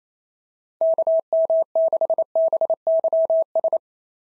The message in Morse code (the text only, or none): KM6BYS